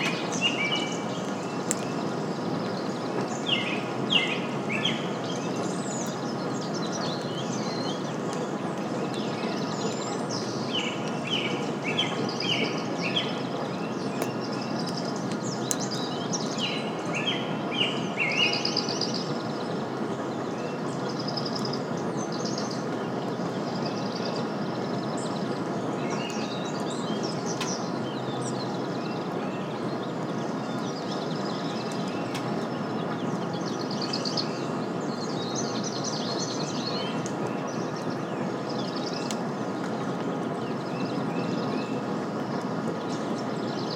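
Songbirds chirp in quick bright bursts, busiest through the first twenty seconds and then scattered more sparsely to the end. Underneath runs an unbroken low rumble, like rolling thunder, with a steady wash of gentle rain holding an even level throughout.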